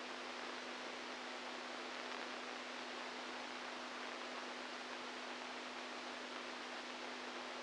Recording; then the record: brain microelectrode recording played as sound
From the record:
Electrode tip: inside the subthalamic nucleus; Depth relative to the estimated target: -3 mm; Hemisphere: right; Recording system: NeuroSet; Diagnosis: Parkinson's disease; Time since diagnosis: 10 years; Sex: male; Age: 65 years